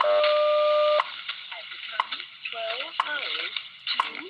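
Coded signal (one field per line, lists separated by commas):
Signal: radio time signal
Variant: WWV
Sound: a one-second steady tone, then a short tick every second, four in all, under talking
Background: speech, radio static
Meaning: The ticks mark each second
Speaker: wwb has these timing tips that they do every second gosh i can actually play that i think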